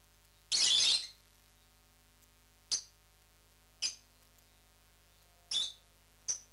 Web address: popugai-nerazluchniki -penie-nerazluchnikov. parrots agapornis-roseicollis